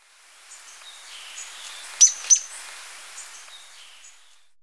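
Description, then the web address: Streaked Xenops giving a pair of brief, piercing high notes in quick succession, set against soft hiss and faint bird chirps. Recorded in Ecuador. "S America Birds of Ecuador. Streaked Xenops"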